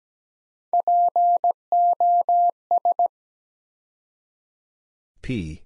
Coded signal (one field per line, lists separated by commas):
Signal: Morse code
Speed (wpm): 17 wpm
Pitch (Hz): 700 Hz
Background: none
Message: POS